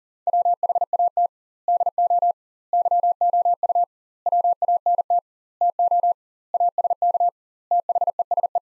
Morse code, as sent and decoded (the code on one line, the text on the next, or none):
.-- .... .- - / -.. --- / -.-- --- ..- / .-- .- -. - / - --- / .- ... -.- / - .... . ... .
WHAT DO YOU WANT TO ASK THESE